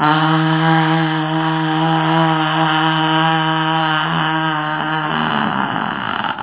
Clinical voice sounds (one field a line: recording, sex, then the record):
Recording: sustained vowel /a/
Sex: female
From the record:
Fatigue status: fatigue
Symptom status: symptomatic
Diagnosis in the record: COVID-19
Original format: 3gp